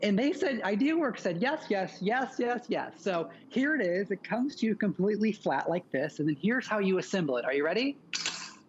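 A flat-packed garden kneeler with a steel folding frame and EVA foam pad is handled while someone talks throughout, ending with a brief burst of broadband handling noise near 8.2 s. The frame has not yet locked into its open position; nothing has seated or clicked yet.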